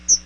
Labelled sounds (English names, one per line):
Chestnut-sided Warbler flight call